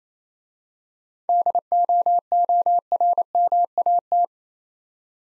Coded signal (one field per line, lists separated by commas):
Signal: Morse code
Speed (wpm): 28 wpm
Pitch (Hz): 700 Hz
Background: none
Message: DOORMAT